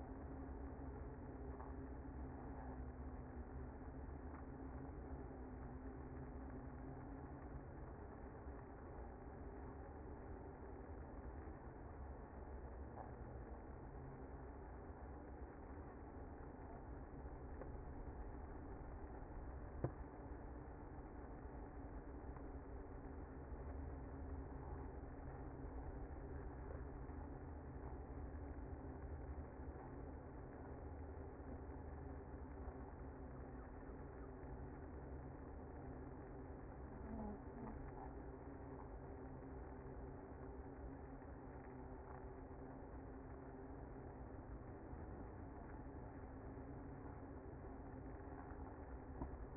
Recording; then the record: honeybee colony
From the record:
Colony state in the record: active